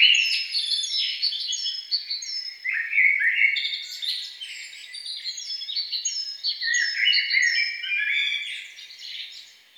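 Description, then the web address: Songbird song, a continuous stream of quick chirps and short high whistles, high-pitched and busy throughout with no other sounds. "best service Blue Box birds songbird"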